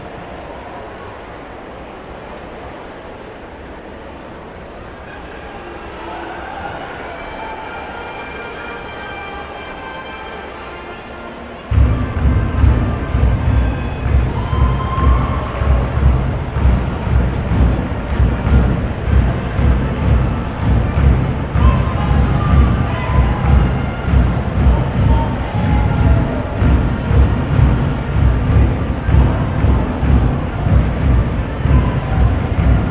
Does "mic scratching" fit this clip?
no